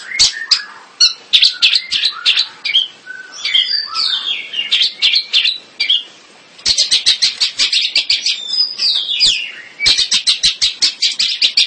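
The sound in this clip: Bird song: rapid, high-pitched chirps, trills and slurred whistles in dense bursts, pausing briefly near six seconds before resuming with quick repeated notes.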